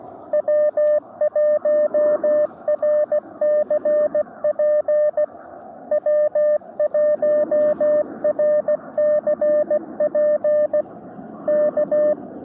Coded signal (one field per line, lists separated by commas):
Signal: Morse code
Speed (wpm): 16 wpm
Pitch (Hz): 590 Hz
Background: radio noise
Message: W1RCP W1RCP K